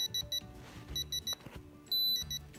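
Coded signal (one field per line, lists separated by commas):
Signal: beep code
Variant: digital torque wrench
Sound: high electronic beeps: six short, one long, then two short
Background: workshop clicks and rustling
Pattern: 6 short, 1 long, 2 short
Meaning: Short beeps mean torque is near the target; the long beep means target torque is reached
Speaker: You should hear this, that short beep. Right there is our torque.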